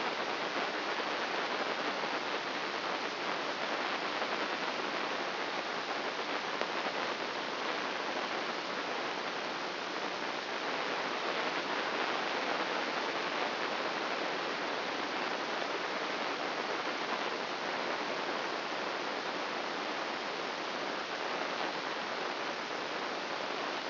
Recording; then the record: brain microelectrode recording played as sound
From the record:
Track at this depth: outside the subthalamic nucleus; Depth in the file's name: 0.806 mm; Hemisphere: right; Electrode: 2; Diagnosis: Parkinson's disease